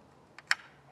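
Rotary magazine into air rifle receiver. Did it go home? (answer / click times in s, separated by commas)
yes / 0.5 s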